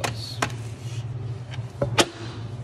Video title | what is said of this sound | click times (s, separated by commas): Cisco Espresso Central Cleaning & Maintenance | There you go. Snaps back into place. | 0.4 s